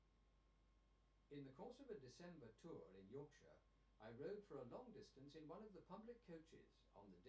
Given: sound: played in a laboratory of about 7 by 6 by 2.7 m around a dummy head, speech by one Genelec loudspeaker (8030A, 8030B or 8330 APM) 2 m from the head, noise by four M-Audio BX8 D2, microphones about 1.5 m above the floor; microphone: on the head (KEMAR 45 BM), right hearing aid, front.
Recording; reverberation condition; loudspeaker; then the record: male speech in English; low; 60 degrees to the left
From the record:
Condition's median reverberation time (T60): about 310 ms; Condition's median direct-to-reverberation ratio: about 3.5 dB